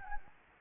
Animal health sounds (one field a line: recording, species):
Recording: mosquito wingbeat signal from an infrared sensor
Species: Anopheles gambiae